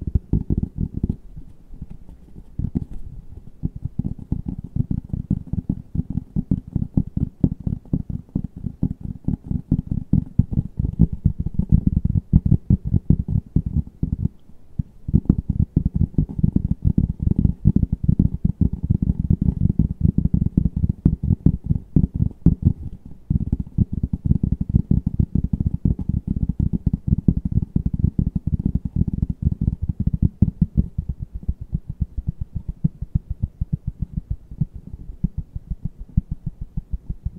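Fast, dense tapping runs continuously with a low, muffled thud, broken by brief pauses near 15 and 23 seconds.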